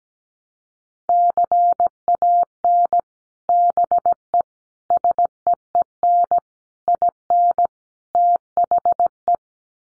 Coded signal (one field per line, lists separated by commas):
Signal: Morse code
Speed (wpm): 17 wpm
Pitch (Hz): 700 Hz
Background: none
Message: CAN BE SEEN IN THE